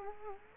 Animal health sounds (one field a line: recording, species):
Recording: mosquito wingbeat signal from an infrared sensor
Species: Culex quinquefasciatus